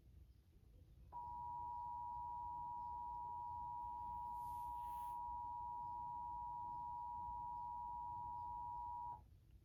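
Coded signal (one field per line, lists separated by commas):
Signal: Emergency Alert System (SAME) tones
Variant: 853 and 960 Hz attention tone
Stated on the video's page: Required Monthly Test carried on a Pennsylvania television station.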